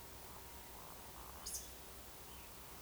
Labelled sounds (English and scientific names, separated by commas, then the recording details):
Eurasian Woodcock (Scolopax rusticola) whistle, Eurasian Woodcock (Scolopax rusticola) croak
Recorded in Baden-Württemberg, Germany, on 27 June 2020 at 02:27 UTC
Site 43791, 788 m above sea level